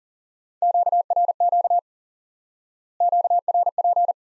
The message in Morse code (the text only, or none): QRQ QRP